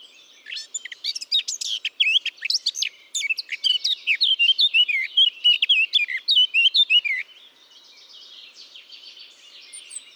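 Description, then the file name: Eurasian blackcap song: a fast, scratchy warble of rising and falling high notes, then a quieter chatter. "Sylvia atricapilla"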